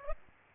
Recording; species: mosquito wingbeat signal from an infrared sensor; Aedes aegypti